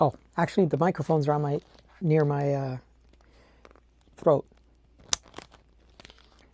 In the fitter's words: so you probably heard that click I like that